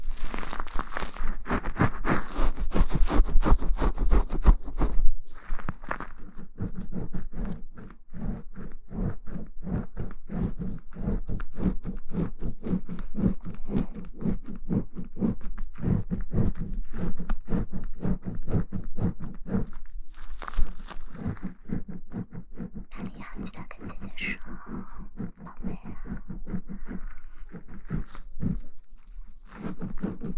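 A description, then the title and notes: Fingers scratch and massage a shampooed scalp in a fast, steady stream of crackly, squishy strokes. The first five seconds are brighter and louder, then the rubbing settles lower, with brief pauses near 5 and 20 seconds and a few squeaky notes around 23–26 seconds. ASMR洗头助眠 发廊的姐姐shampoo wash hair 耳边轻语 角色扮演 中文剧情 泡沫触发音 头部按摩抓头皮.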